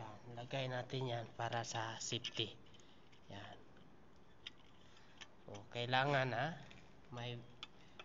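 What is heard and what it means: A safety pin is handled at the manual release switch of an FM-200 fire suppression system, to be fitted so the switch cannot be triggered, while someone talks and a few faint ticks are heard. The clip ends before the pin goes home, so nothing has seated or clicked yet.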